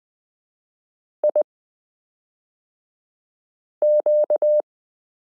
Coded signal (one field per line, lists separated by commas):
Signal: Morse code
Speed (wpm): 20 wpm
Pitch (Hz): 600 Hz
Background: none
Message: IQ